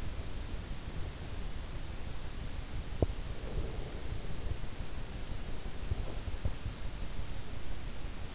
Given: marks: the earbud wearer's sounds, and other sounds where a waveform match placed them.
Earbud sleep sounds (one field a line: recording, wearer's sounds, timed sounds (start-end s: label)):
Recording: sounds in sleep by an in-ear microphone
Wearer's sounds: breath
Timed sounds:
3.33-4.87 s: breath